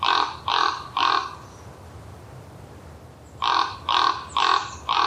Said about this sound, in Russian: А у ворона более такой ракочущий голос. Я очень люблю крик ворона. Мне он кажется, такой, да. Да, мне он кажется таким... как бы глубоким, мистическим. И я всегда радуюсь, когда слышу.